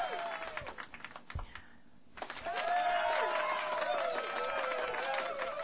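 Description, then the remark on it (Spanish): A crowd applauding a birthday on Radio CCE 940 AM: dense, rapid clapping that dips briefly early on, then swells back louder and steady, with cheering and whooping voices rising over the claps. “Están los aplausos sonando.”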